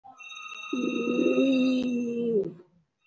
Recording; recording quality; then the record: sustained vowel as in beet; excellent, no background noise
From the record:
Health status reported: respiratory illness, not identified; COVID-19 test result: negative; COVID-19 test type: RT-PCR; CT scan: not taken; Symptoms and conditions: cough, cold, fatigue, asthma, another respiratory illness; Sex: female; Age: 34 years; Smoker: no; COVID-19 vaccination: none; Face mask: not worn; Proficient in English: no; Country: India